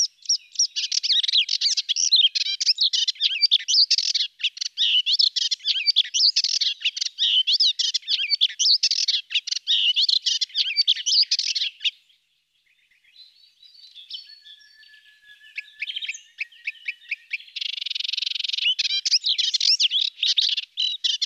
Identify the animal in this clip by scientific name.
Hippolais polyglotta